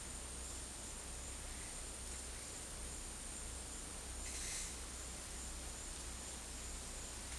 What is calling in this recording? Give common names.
none